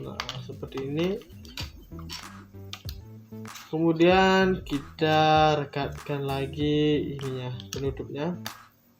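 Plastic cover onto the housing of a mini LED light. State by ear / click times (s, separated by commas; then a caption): not seated / none. Someone talks while pressing the plastic battery cover back onto the housing of a mini LED light. Nothing has seated or clicked shut yet by the end of the clip.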